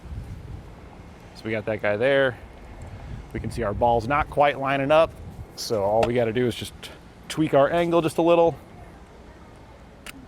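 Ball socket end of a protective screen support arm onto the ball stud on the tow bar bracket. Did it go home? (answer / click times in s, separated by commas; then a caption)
yes / 10.1 s. A man talks while fitting the ball socket end of a support arm for a Roadmaster Tow Defender protective screen onto the ball stud on the tow bar bracket of a towed 2022 Jeep Wrangler 4xe. He adjusts the angle so the ball lines up, then presses the socket onto the stud. It seats with a single sharp click at 10.1 s.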